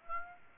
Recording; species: mosquito wingbeat signal from an infrared sensor; Aedes aegypti